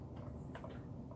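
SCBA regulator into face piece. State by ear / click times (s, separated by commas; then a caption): seated / 0.5 s. A firefighter inserts an SCBA breathing-apparatus regulator into the face piece at the 12 o'clock position and turns it with the right hand. A sharp click at 0.6 s is heard over a steady low rumble, followed by softer ticks at about 0.6 s and 1.1 s. The regulator is seated and locked into place.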